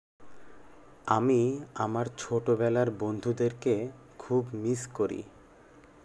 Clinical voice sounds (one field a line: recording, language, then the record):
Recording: elicited speech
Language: Bengali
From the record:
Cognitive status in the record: cognitively healthy